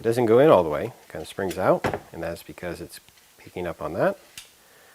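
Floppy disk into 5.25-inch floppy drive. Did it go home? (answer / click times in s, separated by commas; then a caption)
yes / 4.4 s. A floppy disk is pushed into a Teac FD-55GFR 5.25-inch auto-eject floppy drive while someone talks. The mechanism catches the disk with a short click at 4.4 s, and the disk locks into place.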